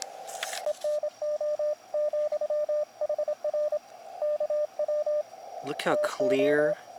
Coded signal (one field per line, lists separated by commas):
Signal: Morse code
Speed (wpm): 25 wpm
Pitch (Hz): 600 Hz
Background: speech, radio noise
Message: ENO, HR KW TO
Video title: QRP Contact Success!!! Camp Tent TEST | KX2 Packtenna | Army Combat Shelter